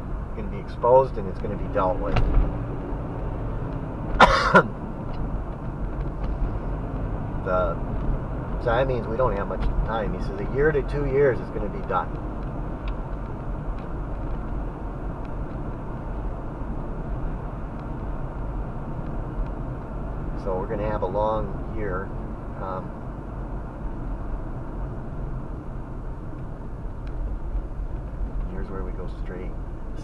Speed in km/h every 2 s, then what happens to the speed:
47, 55, 55, 56, 58, 55, 55, 55, 55, 53, 50, 48, 42, 35, 37.
1-7 speeds up to 58. 7-18 steady at about 55. 18-30 slows to 37.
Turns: none.